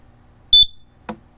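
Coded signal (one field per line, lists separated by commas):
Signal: alarm pattern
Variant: CO/propane alarm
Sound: one short high-pitched beep, then a click a half second later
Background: small room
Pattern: 1 short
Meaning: Self-test beep showing the alarm works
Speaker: so we hit the test button should beep and then go back to green so we're good to go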